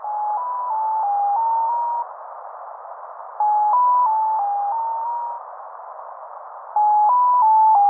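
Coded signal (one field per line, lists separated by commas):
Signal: channel marker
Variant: Mazielka (X06)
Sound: sequence of six short steady tones around 1 kHz, repeated three times with pauses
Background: radio static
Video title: Mazielka (X06) tones station identification from embassy of Russia in Prague - USB 10.214 MHz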